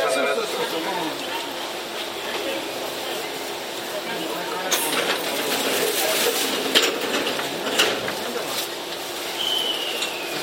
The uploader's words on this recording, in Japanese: 東急7700系 蒲田→五反田。東急7700系（7001F）蒲田→五反田。